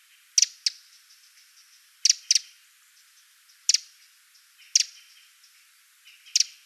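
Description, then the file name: Eurasian wren calling with hard, clicking tek notes, mostly doubled, in a slow, irregular series over a quiet background. "Troglodytes troglodytes"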